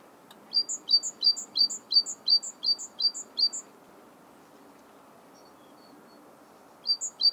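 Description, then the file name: Great tit singing a long, even run of sharp two-note phrases, about ten in a row, then silence and a couple more phrases at the end. "Parus major"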